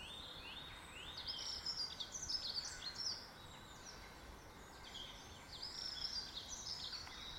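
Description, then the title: Bird song, several high chirpy and twittering phrases overlapping in a garden chorus, with a faint steady hiss underneath. "Birds Sounds in the Garden"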